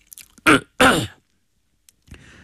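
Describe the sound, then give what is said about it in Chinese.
A man clears his throat in two loud, rasping bursts, the second longer and rougher, followed by a brief pause and a faint, breathy rustle. “等大家安静下来，齐共这才清了清嗓子。”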